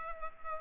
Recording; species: mosquito wingbeat signal from an infrared sensor; Culex pipiens